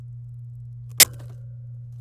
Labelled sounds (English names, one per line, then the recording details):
Domestic Canary song
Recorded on 27 April 2018 at 07:46
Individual llb3